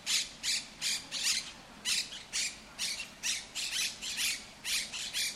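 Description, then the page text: Monk parakeet calls in a fast run of harsh, grating squawks, about two to three per second and slightly uneven in spacing. In El Retiro park, Madrid, Spain, which holds Europe's largest Monk Parakeet population; park includes tree-lined Paseo del Prado avenue. "Cities and Memory - remixing the world. Monk parakeets in Madrid. Madrid has the greatest population of Monk Parakeets in Europe, many of whom can be seen and heard in the El Retiro park"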